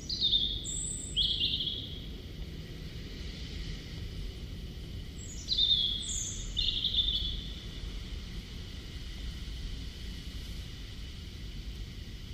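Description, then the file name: European robin song: two short phrases about five seconds apart, each high thin whistles falling into a brief sweet warble, with steady low noise between. "Erithacus rubecula"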